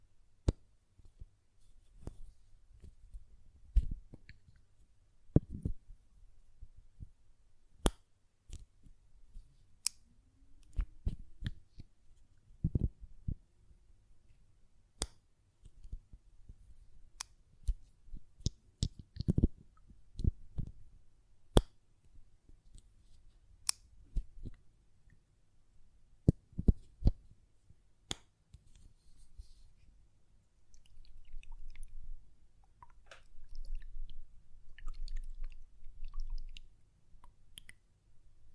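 Sharp, bright taps and clicks from a glass perfume bottle and its lid come at irregular intervals, sometimes singly and sometimes in quick pairs. A low rumble runs underneath, swelling in the last ten seconds, with faint rustling between the taps.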